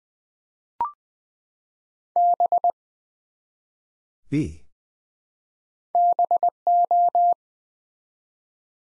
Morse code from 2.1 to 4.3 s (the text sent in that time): B